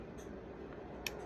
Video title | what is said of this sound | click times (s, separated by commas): How to assemble a French 8-day mantel clock | And you hear the familiar click, dump, when we're done. | 1.1 s